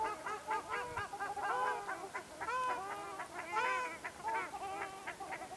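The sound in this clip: Ruddy shelduck honking, a group calling together with repeated nasal trumpeting notes, overlapping and continuous.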